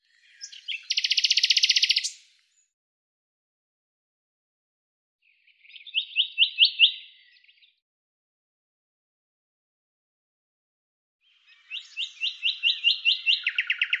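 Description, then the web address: Bird song: three separate rapid trills of repeated high notes, each lasting about two seconds, with silent gaps between them. "Deverinetal 2025"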